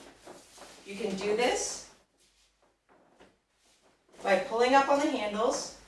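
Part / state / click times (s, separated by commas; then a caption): stroller frame fold latches / not seated / none. A TFK Buggster S stroller is being unfolded by pulling up on the handles so its frame fold latches lock on each side. Someone talks over faint handling sounds. The clip ends before the latches lock, so nothing has clicked yet.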